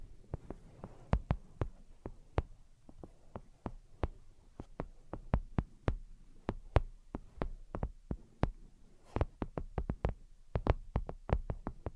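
Rapid tapping runs throughout, sharp dry clicks landing several times a second in uneven clusters with brief gaps. Each tap is crisp and bright over a soft, low thudding underneath. A faint steady hiss sits behind, and a denser burst of taps follows a short pause near nine seconds.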